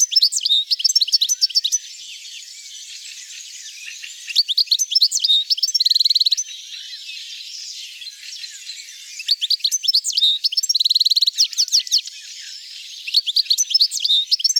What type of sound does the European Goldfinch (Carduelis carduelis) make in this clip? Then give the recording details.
song. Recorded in the wild. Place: Oberrotweil am Kaiserstuhl, Baden-Württemberg, DE. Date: 1992-06-14. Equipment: Dat-Recorder Casio DA 7, Telinga DAT, Telinga-Parabolspiegel. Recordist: Schwarz, Dieter